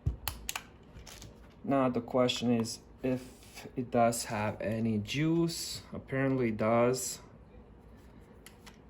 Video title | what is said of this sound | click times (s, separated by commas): Sun Joe Cordless Portable Air Compressor Kit Unboxing and Review. Is it worth the money ? | there we go you can hear a click | 0.3 s, 0.5 s